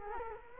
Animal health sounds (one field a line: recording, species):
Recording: mosquito wingbeat signal from an infrared sensor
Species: Culex quinquefasciatus